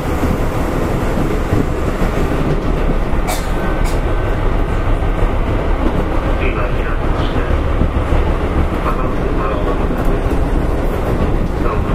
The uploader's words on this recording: 京阪5000系 準急 京橋から枚方市まで. 京阪電気鉄道5000系電車の走行音です。 京阪本線の準急列車で録音しました。 It is running noise of the Keihan Electric Railway 5000 series train. I recorded on a semi express train on the Keihan main line.